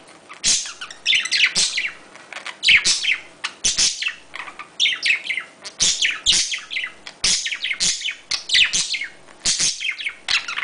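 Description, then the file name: Budgerigar twittering: bursts of chirpy, squeaky warbles and clicks tumbling over each other, with loud sharp notes breaking through irregularly. "Budgie Sounds"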